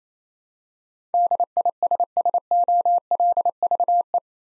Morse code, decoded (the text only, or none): DISSOLVE